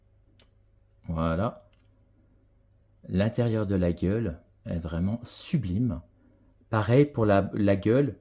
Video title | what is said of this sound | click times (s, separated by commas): Figurine Jurassic Park TYRANNOSAURUS REX , vraiment très très impressionnante ! | Vous entendez un clic ? | 0.4 s